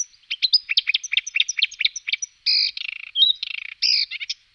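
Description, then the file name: Marsh warbler singing a rapid, jumbled stream of high chirps, then harsh buzzy notes and brief whistles, with the notes constantly changing. "cannaiola verdognola"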